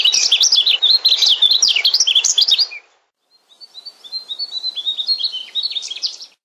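Bird delivering a loud, rapid twittering warble for nearly three seconds, then after a pause a softer, thinner run of high chirps.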